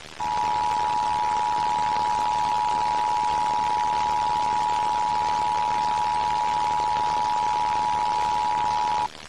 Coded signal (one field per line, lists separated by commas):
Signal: Emergency Alert System (SAME) tones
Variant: 853 and 960 Hz attention tone